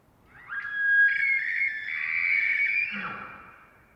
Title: Elk Multiple Bulls Close Scream Roars Distant Ethereal Calls